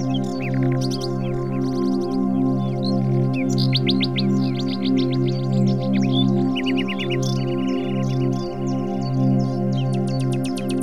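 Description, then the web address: Birds chirping and twittering in quick varied bursts, several high calls overlapping, over a loud steady low droning hum with slowly pulsing tones. Bird ambience. "Ambiance ambient birds"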